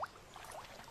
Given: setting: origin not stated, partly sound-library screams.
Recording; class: one-second piece from a danger detection set; normal situation